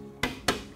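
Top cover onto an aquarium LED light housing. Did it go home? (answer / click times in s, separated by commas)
yes / 0.2 s, 0.5 s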